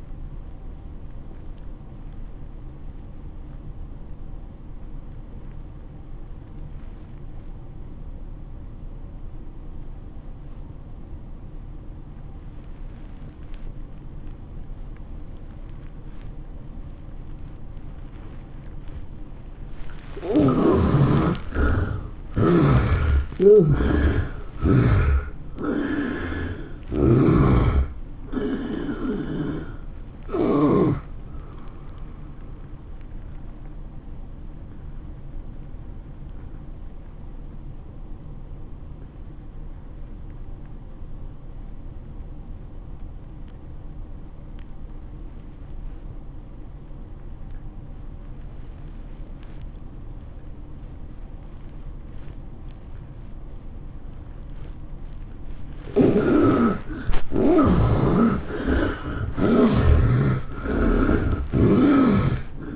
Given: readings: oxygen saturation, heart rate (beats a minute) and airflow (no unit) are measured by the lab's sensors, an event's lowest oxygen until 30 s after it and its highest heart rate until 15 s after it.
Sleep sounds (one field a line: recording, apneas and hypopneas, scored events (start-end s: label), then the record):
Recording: breathing in sleep by a smartphone at the bedside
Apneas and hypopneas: 2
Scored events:
3.00-22.50 s: obstructive apnea (N1, oxygen 94% highest, then 73% lowest, heart rate 97 at the start, 110 highest)
33.00-58.00 s: obstructive apnea (N1, oxygen 96% highest, then 73% lowest, heart rate 107 at the start, 111 highest)
43.00-62.76 s: new sleep stage, N2 (light sleep)
From the record:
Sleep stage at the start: N1 (lightest sleep)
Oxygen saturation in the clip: 71 to 96%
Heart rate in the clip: 83 to 110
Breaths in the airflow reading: 9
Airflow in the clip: -10.7 to 12.1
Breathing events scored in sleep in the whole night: 403 in 5.5 hours asleep